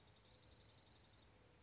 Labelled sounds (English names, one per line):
Dark-eyed Junco